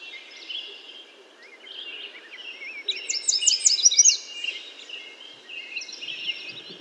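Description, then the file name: American yellow warbler song: soft twittering notes leading into a loud, quick series of downslurred sweet whistles, then quieter chips, over faint background hiss. "American Yellow Warbler Setophaga aestiva"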